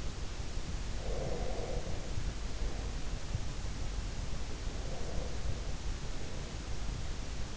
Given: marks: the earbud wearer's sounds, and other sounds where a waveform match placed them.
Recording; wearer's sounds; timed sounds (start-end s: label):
sounds in sleep by an in-ear microphone; breath
1.03-3.44 s: breath
4.74-7.08 s: breath